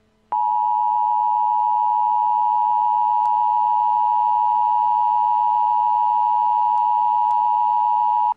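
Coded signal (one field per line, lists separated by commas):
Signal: Emergency Alert System (SAME) tones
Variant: 853 and 960 Hz attention tone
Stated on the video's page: Mock EAS alert made for entertainment, not a real event.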